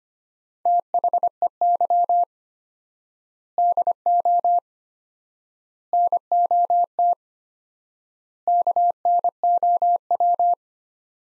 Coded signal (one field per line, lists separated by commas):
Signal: Morse code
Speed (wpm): 25 wpm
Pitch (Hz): 700 Hz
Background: none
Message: THEY DO NOT KNOW